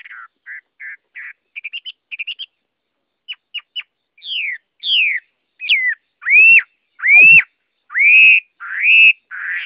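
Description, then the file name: Chinese hwamei song, soft short notes and clicks building into loud, full arched whistles that rise and fall, repeated several times. Song in the 'forest voice' (giọng rừng) style. "Tieng hoa mi hot giong rung"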